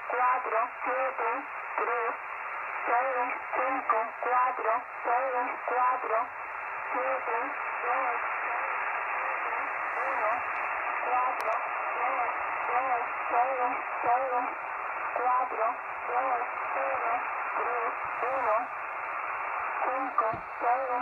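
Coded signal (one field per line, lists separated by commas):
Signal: numbers station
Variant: HM01, Spanish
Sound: a voice reading short evenly spaced words, likely numbers, over a hissy radio channel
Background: radio static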